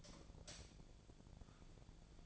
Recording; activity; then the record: daily activity, microphone in the room; light off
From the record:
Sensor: 5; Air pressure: 1009.8 hPa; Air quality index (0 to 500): 158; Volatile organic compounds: 4 ppm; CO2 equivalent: 1542 ppm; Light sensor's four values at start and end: 169/430/179/192 and 169/428/178/191